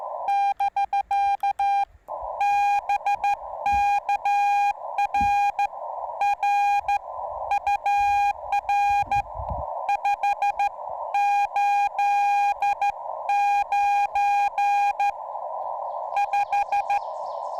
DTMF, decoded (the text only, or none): none